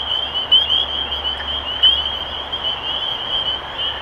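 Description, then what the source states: Spring peepers peeping in chorus, a few sharp rising whistles standing out above the continuous high ringing of many others. Recorded 23 March 2012.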